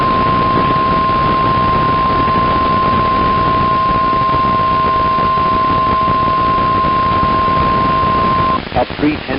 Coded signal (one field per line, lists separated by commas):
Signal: Emergency Alert System (SAME) tones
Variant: 1050 Hz attention tone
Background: speech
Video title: [EAS #114-141] June 21st, 2021 Severe Weather Event